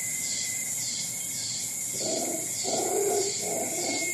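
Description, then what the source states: Howler monkey giving a rough, hoarse roar in the second half, over insects trilling in regular pulses and a steady high hum. Howler monkeys recorded in Costa Rica, with insects also sounding.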